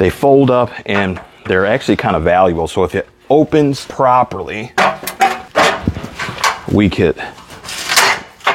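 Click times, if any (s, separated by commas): 8.5 s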